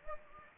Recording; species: mosquito wingbeat signal from an infrared sensor; Anopheles gambiae